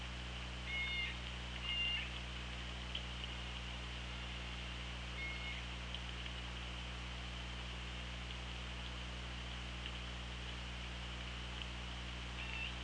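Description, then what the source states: Killer whale calls: a few short tonal whistled notes with faint harmonics near the start and again around five seconds, over steady underwater hiss and low hum. Recorded on an OrcaLab hydrophone, 24 August 2017, 18:38.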